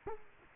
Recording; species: mosquito wingbeat signal from an infrared sensor; Culex quinquefasciatus